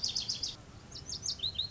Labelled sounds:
Lazuli Bunting
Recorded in Sonoma County, California

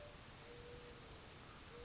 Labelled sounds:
Mourning Dove
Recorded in Sonoma County, California

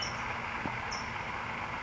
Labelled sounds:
California Towhee
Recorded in Sonoma County, California

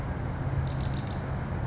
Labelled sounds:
California Towhee
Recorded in Sonoma County, California

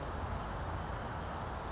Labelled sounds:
California Towhee
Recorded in Sonoma County, California

